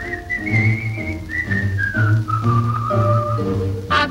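A fisherman at the water's edge whistles a steady tune while his float bobs, the bright melody drifting gradually lower in pitch over a few seconds, with a rhythmic low accompaniment pulsing underneath and a brief high burst at the end.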